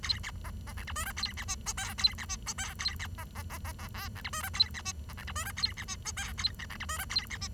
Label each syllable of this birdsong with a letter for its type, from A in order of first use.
A B C C D E F G A B H I J A B H I J A B C C C C C K D E F G A B H C D E F G A B H I J A D D E F G A B H